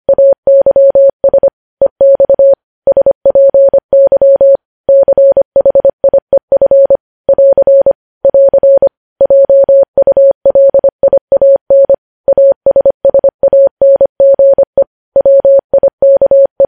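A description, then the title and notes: Morse code sent as a single steady mid-pitched tone, switched sharply on and off in quick dots and longer dashes. The keying runs continuously for the whole stretch at an even, brisk pace, broken by brief pauses between groups, with clean silence and no other sounds behind it. Morse code.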